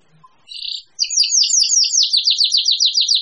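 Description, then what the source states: Birds singing: a short buzzy burst, then a fast run of sharp high chattering notes. A mix of different birds.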